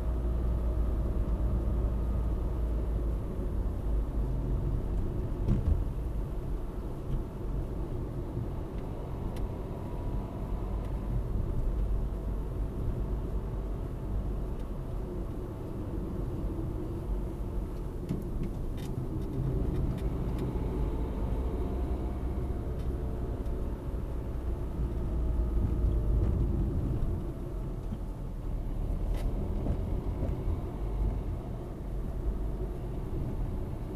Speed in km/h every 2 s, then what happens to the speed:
60, 57, 49, 48, 46, 52, 51, 52, 48, 45, 48, 48, 44, 35, 30, 37, 37.
0-8 slows to 46. 8-10 speeds up to 52. 10-15 steady at about 52. 15-18 slows to 45. 22-27 brakes to 30.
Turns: none.